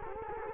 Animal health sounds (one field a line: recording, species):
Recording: mosquito wingbeat signal from an infrared sensor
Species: Culex quinquefasciatus